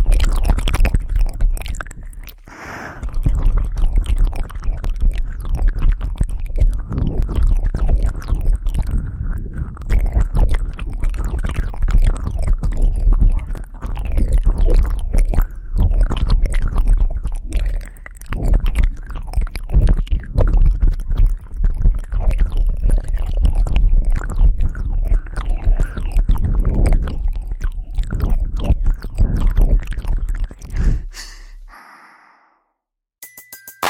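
Wet mouth sounds of ear eating fill the clip, a dense run of soft smacks, licks and clicks pressed right against the microphone with heavy low rumble. The sounds continue without pause for about half a minute, with faint breathing, then cut off abruptly near the end.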